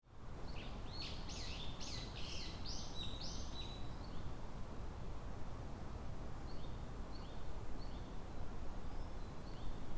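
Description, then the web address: Japanese tit song: bright two-note phrases repeated rapidly for about three seconds, then fainter, softer phrases later, over a steady low rumble of background noise. Recorded at Kotori no Mori on 30 April 2018. "kotorinomori kotori sijukara"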